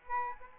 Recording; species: mosquito wingbeat signal from an infrared sensor; Aedes albopictus